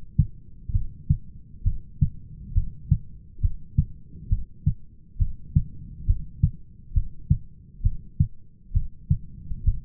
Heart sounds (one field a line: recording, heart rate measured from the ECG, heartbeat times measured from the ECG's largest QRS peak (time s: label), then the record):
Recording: heart sounds by stethoscope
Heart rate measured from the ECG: 67 bpm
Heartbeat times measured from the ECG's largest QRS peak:
0.73 s: heartbeat
1.65 s: heartbeat
2.55 s: heartbeat
3.42 s: heartbeat
4.31 s: heartbeat
5.20 s: heartbeat
6.08 s: heartbeat
6.95 s: heartbeat
7.84 s: heartbeat
8.75 s: heartbeat
9.66 s: heartbeat
From the record:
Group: heart failure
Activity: rest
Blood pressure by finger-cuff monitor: 141/101 mmHg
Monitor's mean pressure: 114 mmHg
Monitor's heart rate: 67 bpm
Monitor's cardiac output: 5.9 L/min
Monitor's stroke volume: 88 mL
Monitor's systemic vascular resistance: 1440 dyn s/cm5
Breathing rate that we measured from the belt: 19 breaths a minute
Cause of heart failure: idiopathic cardiomyopathy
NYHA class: 1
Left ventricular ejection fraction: 50%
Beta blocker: bisoprolol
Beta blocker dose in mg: 5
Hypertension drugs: candesartan, spironolactone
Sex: male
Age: 54 years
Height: 180 cm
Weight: 94.6 kg